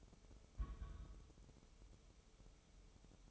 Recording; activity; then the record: daily activity, microphone in the room; place on stove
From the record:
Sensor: 1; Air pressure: 988.4 hPa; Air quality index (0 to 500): 201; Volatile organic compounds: 1000 ppm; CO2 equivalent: 5391 ppm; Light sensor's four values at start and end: 27/98/37/39 and 27/98/37/39